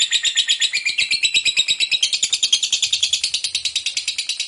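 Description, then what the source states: Lovebird chatter, a continuous stream of piercing, buzzy notes repeated rapidly, becoming a little higher after two seconds. Long 'ngekek' chatter, bird described as gacor (vocalizing actively).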